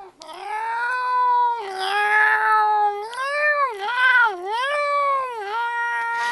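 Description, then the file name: Cat meowing: long drawn-out wailing meows, rich in harmonics, with wavering, dipping pitch, several in a row. "katzen"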